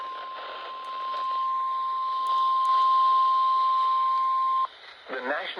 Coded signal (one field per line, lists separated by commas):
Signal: Emergency Alert System (SAME) tones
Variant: 1050 Hz attention tone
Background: speech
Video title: Discrete Marginal Risk… EAS Alerts & Tests From: 12/11/24 (New EAS #232-240)